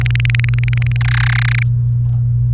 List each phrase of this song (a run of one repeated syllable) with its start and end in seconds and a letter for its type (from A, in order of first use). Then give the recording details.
0.01-0.96 A, 1.01-1.63 B. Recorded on 28 April 2018 at 09:22. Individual llb3